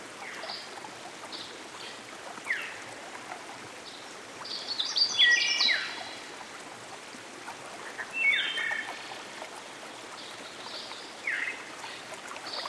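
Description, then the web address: Canada warbler song: two rapid, jumbled bursts of bright chipping and warbled notes, with scattered softer chips over a steady rushing stream. Singing beside a stream. "Dan Gibson Songbirds By The Stream. Canada Warbler"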